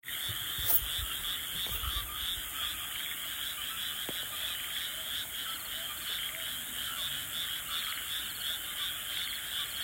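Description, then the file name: Frog chorus of continuous overlapping croaks blending into a pulsing, even drone, with a few faint clicks and knocks scattered through. "kaeru"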